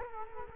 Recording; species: mosquito wingbeat signal from an infrared sensor; Culex quinquefasciatus